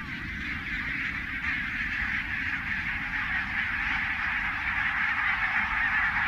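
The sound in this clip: Barnacle Goose: a dense, continuous chorus of many calling birds, steady throughout with no pauses.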